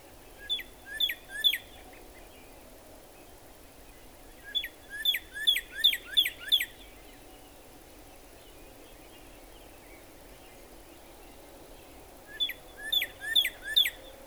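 Northern cardinal giving three bursts of quick, clear, slurred whistles separated by long quiet gaps, with a low hum of background noise.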